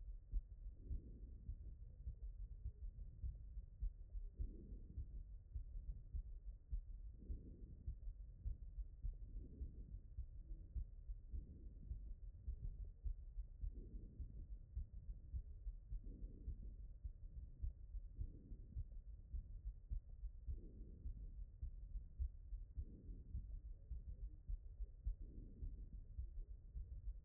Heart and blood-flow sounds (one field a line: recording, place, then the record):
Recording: heart sounds by stethoscope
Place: aortic valve (AV)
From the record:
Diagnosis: HFrEF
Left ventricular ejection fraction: 15%